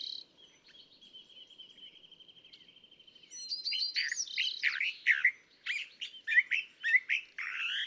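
California thrasher song opening with a faint steady trill, then breaking into loud, varied slurred whistles and scratchy notes delivered in quick succession.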